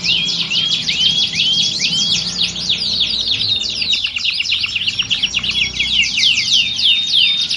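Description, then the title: Canary opening with several clear rising whistled slurs, then breaking into dense, rapid twittering and trilled notes that continue without pause. Belgian canary; warm-up song used to train canaries for singing contests and build a champion bird's confidence. "Canto Para Esquentar Canário Belga. Simulasi Lomba Kenari. Suara Kenari Lomba. Melatih Mental Kenari Juara"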